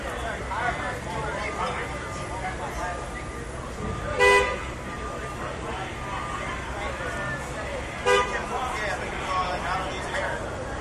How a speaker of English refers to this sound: Some guy just has his car in the middle of the street. People are beeping at him. Now people can go.